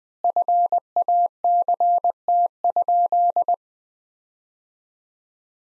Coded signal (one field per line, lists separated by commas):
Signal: Morse code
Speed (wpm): 20 wpm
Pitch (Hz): 700 Hz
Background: none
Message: FACT?